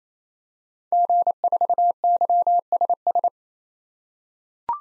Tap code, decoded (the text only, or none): none